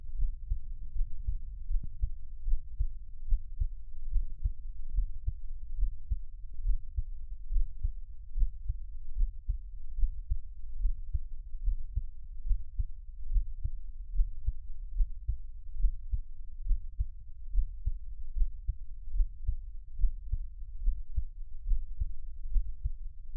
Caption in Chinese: 台灣ASMR | 獻上我的心跳 | Give my Heartbeat | NO Talking。